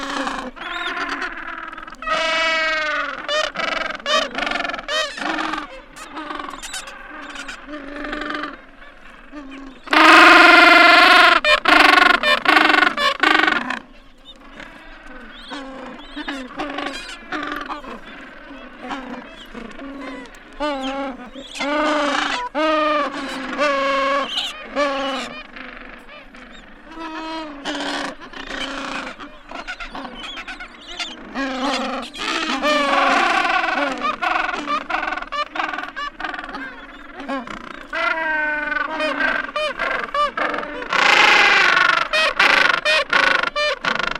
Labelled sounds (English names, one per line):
Gentoo Penguin call